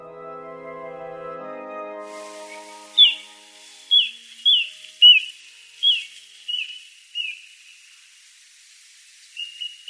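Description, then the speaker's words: Little Ringed Plover calls: short high whistled notes, seven in an irregular series, then a pause and two more, after fading music. Migrant that breeds on riverbeds and reclaimed land. "コチドリの鳴き声ですコチドリはシギや千鳥の仲間ですスズメより大きく丸い頭に長い足をしています"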